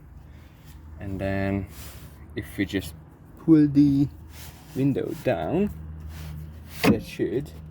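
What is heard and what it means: On a BMW E90, the rear door window glass is pulled down onto the new window regulator carrier while someone talks, with a brief sharp sound near 6.8 s. Nothing has seated or clicked yet; the glass has not snapped into the regulator clip by the end.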